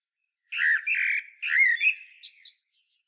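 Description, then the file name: Common blackbird song phrase: low, fluted warbled notes followed by a brief squeaky, high twitter at the end, otherwise quiet. "Turdus merula"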